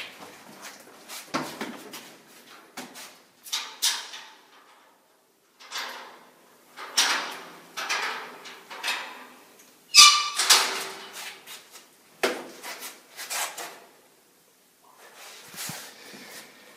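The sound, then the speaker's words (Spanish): A door is pushed open in a series of creaking, squeaky scrapes and grinding bursts, separated by short pauses, with one sharp clack midway and no voices. “Voy a ver primero la puerta para que así cierren los ojos, caminen y vean y los abran y queden completamente impactados.”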